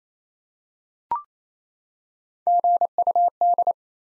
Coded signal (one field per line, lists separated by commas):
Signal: Morse code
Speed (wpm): 28 wpm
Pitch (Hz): 700 Hz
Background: none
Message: GUD